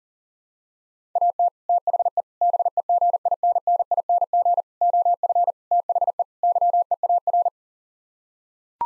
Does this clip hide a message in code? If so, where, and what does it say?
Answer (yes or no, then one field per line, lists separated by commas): yes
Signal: Morse code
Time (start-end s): 1.2-7.5 s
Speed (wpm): 40 wpm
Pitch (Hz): 700 Hz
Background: none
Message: AT THE BEGINNING OF THE YEAR